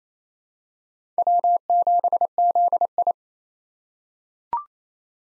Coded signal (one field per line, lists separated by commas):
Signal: Morse code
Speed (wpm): 28 wpm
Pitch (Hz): 700 Hz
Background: none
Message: W7ZI